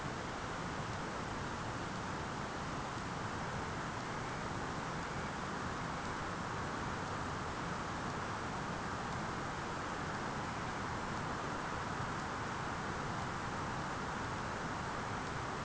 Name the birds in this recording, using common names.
Dunlin